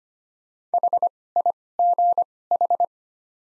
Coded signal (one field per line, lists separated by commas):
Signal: Morse code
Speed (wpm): 25 wpm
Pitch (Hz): 700 Hz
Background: none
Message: HIGH